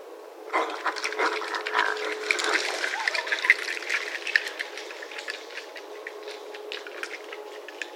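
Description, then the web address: Raccoon chattering with harsh squealing bursts early on, then a long run of rapid irregular clicks and scratchy chitters with faint tonal squeaks. Recorded 1 March 2012. "Raccoon 2012 03 01"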